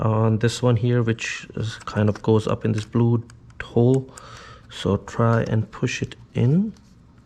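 A component of a Hansshaw heated yoke steering wheel assembly for a Tesla Model 3/Y is oriented by its small nudge toward a blue hole and pushed into its housing while someone talks. Nothing has seated or clicked yet; the clip ends just before the part goes home.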